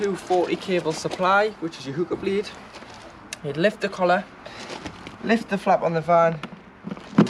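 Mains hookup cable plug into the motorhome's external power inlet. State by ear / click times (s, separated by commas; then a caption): seated / 7.2 s. Someone talks while the 25 metre 240 V mains hookup cable plug is slid onto the external power inlet of an Auto Trail Imala 620 motorhome, with the collar lifted and the flap on the van raised. A sharp click at 7.2 s marks the plug latching and seating on the inlet.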